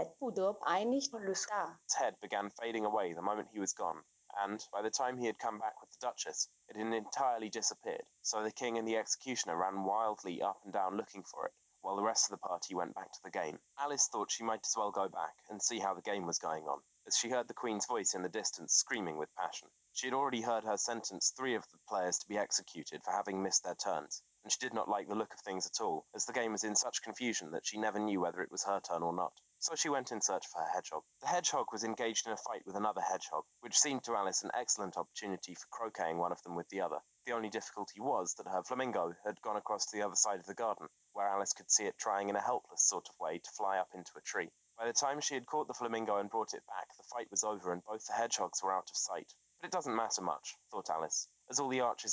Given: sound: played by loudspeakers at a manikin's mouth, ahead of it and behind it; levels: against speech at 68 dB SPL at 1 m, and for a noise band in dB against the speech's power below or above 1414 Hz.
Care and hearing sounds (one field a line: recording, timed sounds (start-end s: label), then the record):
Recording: test signals for a remote microphone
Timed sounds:
0.00-1.89 s: speech test signal (ISTS)
1.89-52.13 s: man speaking
From the record:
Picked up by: remote microphone B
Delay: 24 ms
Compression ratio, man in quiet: 2.01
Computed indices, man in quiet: SII 0.993, HASPI 0.999, HASQI 0.298 (non-linear 0.353, linear 0.843), ESTOI 0.753